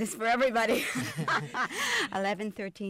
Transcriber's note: they laugh